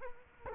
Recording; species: mosquito wingbeat signal from an infrared sensor; Culex quinquefasciatus